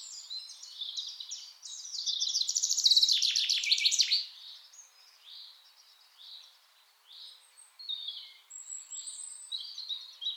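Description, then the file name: Common chaffinch song: quick repeated notes lead into a loud, jangling climax early on, then softer, scattered high phrases continue to the end. "Fringilla coelebs"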